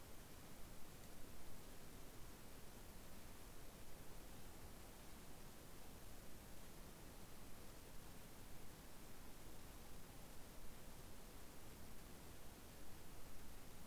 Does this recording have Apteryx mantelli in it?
no